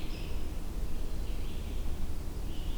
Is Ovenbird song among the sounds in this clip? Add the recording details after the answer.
no. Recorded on 22 June 2016 at 07:47. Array SBT-6-76